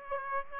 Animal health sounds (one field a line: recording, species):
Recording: mosquito wingbeat signal from an infrared sensor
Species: Aedes aegypti